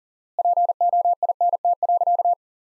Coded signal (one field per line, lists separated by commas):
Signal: Morse code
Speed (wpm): 40 wpm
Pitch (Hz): 700 Hz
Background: none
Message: POINT.